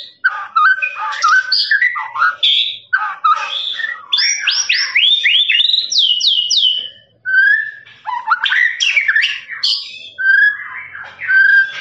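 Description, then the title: Lovebird song: choppy chattering phrases, a series of sweeping whistles, a brief silence, then more busy twittering. Long trilling ngekek song of a lovebird, used as a master recording for training birds. "FULL DURASI MASTERAN LOVEBIRD NGEKEK PANJANG"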